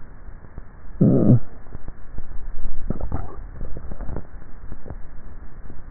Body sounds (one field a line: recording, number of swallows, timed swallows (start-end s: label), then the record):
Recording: swallowing sounds by neck microphone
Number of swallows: 1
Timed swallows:
2.90-3.77 s: swallow
From the record:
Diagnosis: dysphagia